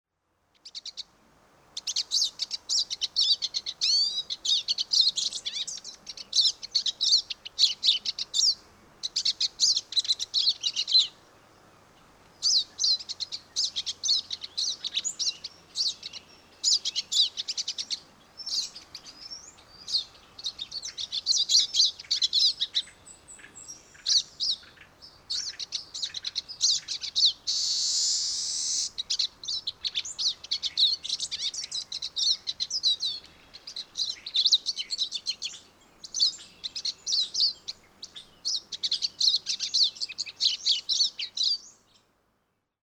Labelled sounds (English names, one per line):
Pine Siskin